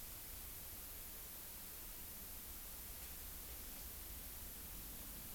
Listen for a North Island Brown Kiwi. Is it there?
no